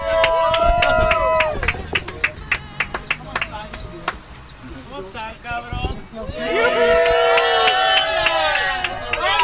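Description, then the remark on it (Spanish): A crowd breaks into loud applause with whoops and cheers as a performer is introduced on stage, claps crackling sharply in the middle before a swell of shouting voices rises again near the end. “¡Fuerte el aplauso!”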